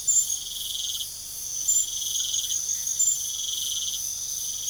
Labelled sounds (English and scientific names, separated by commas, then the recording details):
none
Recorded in pastures near Puerto Asís, Putumayo, Colombia, on 4 March 2025 at 00:30
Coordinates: 0.497, -76.327
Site G072